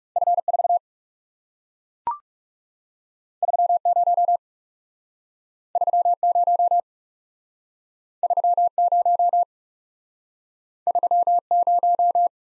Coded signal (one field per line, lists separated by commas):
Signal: Morse code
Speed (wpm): 38 wpm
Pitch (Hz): 700 Hz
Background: none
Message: F 4 3 0 3 0 3 0 3 0